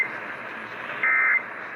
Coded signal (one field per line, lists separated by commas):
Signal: Emergency Alert System (SAME) tones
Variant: end-of-message bursts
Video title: BILLY MAYS: BUT I'M NOT DONE YET!! EAS Alerts from 3/28/20 - 3/29/20 (EAS #3,839 - 3,850)